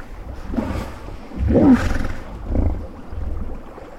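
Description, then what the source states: Hippopotamus blowing from the mouth, a few low, breathy bursts. Hippos blowing from the mouth, likened to small geysers; evening at a hippo pool in Kenya, as they stir before leaving the water to graze.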